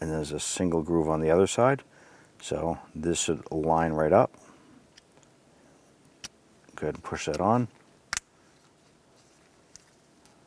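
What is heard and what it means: The auxiliary power outlet socket of a 2006-2013 Chevrolet Impala is lined up by its grooves and pushed toward its plastic dash bezel housing while someone talks. A few brief handling taps and knocks are heard between the words. Nothing has seated or clicked yet.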